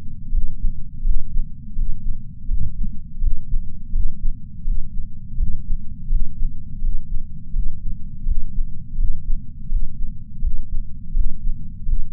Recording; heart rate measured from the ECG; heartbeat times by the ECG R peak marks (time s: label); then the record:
heart sounds by patch sensor on the chest; 83 bpm
0.32 s: heartbeat
1.04 s: heartbeat
1.76 s: heartbeat
2.48 s: heartbeat
3.21 s: heartbeat
3.93 s: heartbeat
4.65 s: heartbeat
5.37 s: heartbeat
6.10 s: heartbeat
6.82 s: heartbeat
7.53 s: heartbeat
8.26 s: heartbeat
8.98 s: heartbeat
9.69 s: heartbeat
10.42 s: heartbeat
11.14 s: heartbeat
11.86 s: heartbeat
From the record:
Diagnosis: coronary artery disease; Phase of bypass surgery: preoperative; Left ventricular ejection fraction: 63.3%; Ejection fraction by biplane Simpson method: 60.1%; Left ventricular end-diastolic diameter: 44 mm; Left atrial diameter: 34 mm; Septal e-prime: 5.7 cm/s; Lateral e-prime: 6.6 cm/s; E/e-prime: 12.8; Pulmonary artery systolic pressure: 18 mmHg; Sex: female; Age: 71 years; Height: 150 cm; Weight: 59 kg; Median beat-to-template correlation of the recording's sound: 0.93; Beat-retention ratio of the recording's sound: 0.99